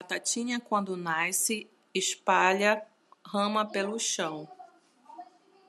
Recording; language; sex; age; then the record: short text; Brazilian Portuguese; female; 40 to 49 years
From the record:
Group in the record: control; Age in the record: 43 years